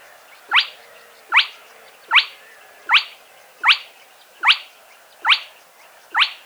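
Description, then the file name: Spotted crake repeating a sharp, rising whistled note, a little quicker than once a second, very regular. Playback recording. "Plettet roervagtel"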